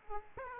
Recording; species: mosquito wingbeat signal from an infrared sensor; Aedes aegypti